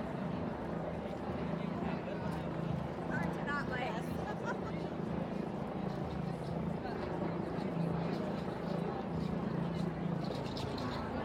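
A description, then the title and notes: A women's march: a dense, steady wash of many voices talking at once, with no single speaker standing out. A low, constant rumble, like a vehicle or engine, runs underneath, and a brief higher call rises around the fourth second. WOMXNS MARCH_raw_07 by Andy "soundeziner" Martin.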